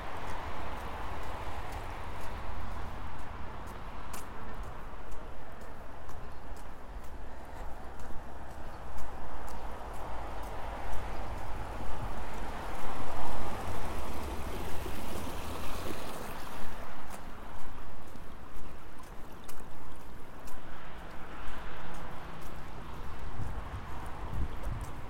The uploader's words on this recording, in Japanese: 朝、苗ハウスまで歩いていく。水路が至る所にあるので流れている音あちこちで聞こえます。徐々に車が行き交う道路へ。